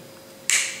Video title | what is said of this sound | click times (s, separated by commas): Review de Transformers Skullcruncher LG 22 Takara Legends por Javitron en Español | lo siguiente que vamos a hacer va a ser sacar los pies que tienen que hacer un tienen que ir aquí un clic escuchen | 0.5 s